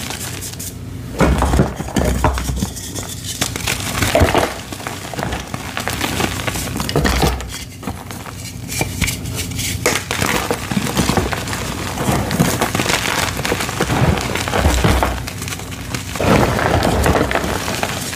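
Gym chalk blocks being crushed, a dense run of crumbling, crackling crunches with brief pauses near 5 and 7.5 seconds.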